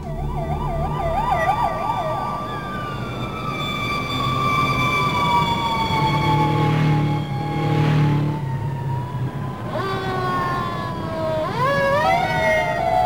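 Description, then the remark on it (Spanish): Several emergency sirens wail at once, one with a fast warbling yelp, others sweeping slowly up and down in pitch, loud over a rumbling traffic background, with a sharp rising whoop near the end. “Sirenas, irrupciones, armas en mano, operativos y registros.”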